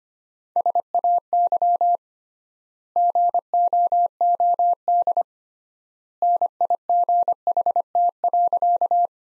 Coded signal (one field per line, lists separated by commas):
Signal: Morse code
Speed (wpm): 25 wpm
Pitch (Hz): 700 Hz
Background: none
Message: SAY GOOD NIGHT.